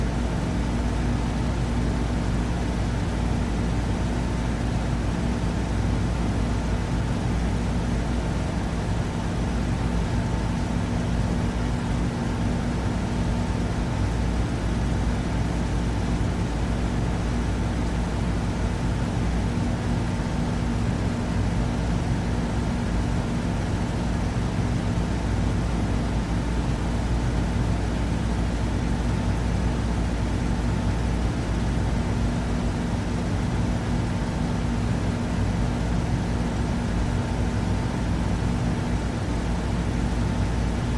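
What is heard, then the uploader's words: An air conditioner runs with a steady, dense rushing hiss that never changes over the whole stretch. A low rumble and hum sit underneath, with a faint thin whine running constantly in the middle range, like a motor. Sleeping Sounds White Noise Air Conditioner.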